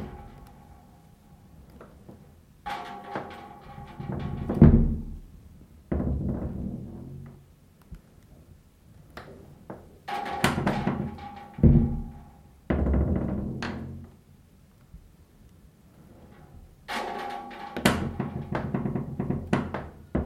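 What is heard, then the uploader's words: A nearby hinge creaks in slow, repeated swings with scraping clicks and a few dull thumps, each burst lasting a couple of seconds. Plate and creaking hinge - Instant sound art. The metal plate from yesterday makes a come back together with a creaking hinge nearby, and some clicks I can't remember how I created.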